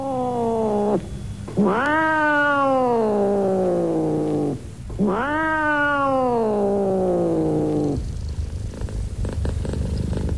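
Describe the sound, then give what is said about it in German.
A black cat lets out a short meow, then two long, loud, drawn-out meows that rise and slowly fall in pitch, with a steady low purr rumbling underneath throughout. “ihre schwarze Katze, begrüßte mich.”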